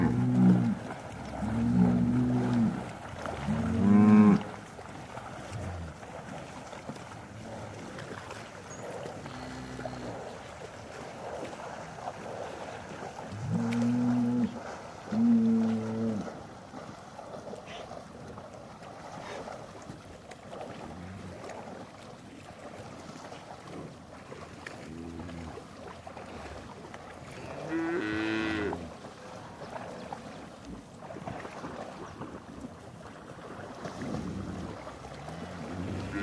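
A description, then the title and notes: Cows low back and forth, with a cluster of deep moos in the first few seconds, more around ten and fifteen seconds, and a rising call near twenty-eight seconds. Between calls, a steady rumble of wind and noise fills the background. Eco-Moo-tion: The Ecological Soundscape of Cow Conversations.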